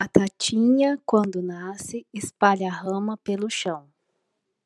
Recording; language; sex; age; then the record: short text; Brazilian Portuguese; female; 40 to 49 years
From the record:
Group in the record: control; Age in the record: 47 years